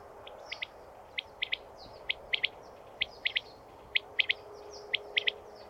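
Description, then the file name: Common quail giving its clipped three-note call roughly once a second, with faint high chirps in the background. "furj hangja"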